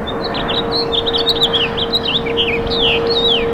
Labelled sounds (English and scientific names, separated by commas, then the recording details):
House Finch (Haemorhous mexicanus) song
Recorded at Roslyn Harbor on Long Island, New York, on 22 May 2013
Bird C